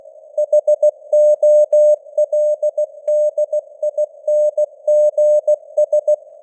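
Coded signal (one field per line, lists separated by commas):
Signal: Morse code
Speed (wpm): 16 wpm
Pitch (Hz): 600 Hz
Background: none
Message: HOLDINGS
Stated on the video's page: Computer-generated Morse news headlines at 16 wpm, with simulated radio noise and varying signal strength (QSB).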